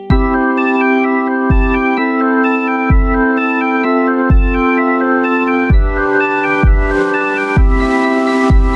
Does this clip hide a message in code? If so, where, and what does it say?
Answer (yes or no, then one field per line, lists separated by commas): no